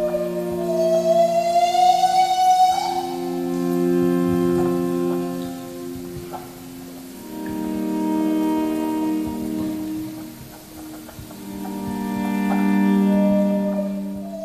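Whale song: long, low moaning calls with a rising, whistle-like sweep at the start, answered by swelling tonal moans in slow waves, with no voices.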